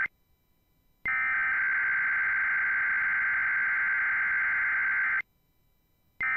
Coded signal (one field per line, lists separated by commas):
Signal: Emergency Alert System (SAME) tones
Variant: header bursts